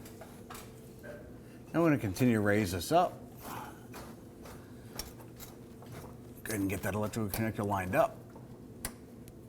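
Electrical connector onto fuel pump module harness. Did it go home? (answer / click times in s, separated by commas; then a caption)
yes / 8.8 s. A fuel pump electrical connector on a fuel pump module harness is lined up and pushed together while the tank of a 2015-2020 Ford F-150 2.7L V6 is raised. Someone talks, with faint handling sounds in between. A sharp click at 8.8 s marks the connector locking into position.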